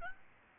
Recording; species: mosquito wingbeat signal from an infrared sensor; Aedes albopictus